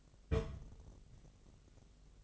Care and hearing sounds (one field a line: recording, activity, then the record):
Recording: daily activity, microphone in the room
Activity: place on stove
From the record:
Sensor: 4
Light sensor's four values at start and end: 9/20/8/8 and 9/20/8/8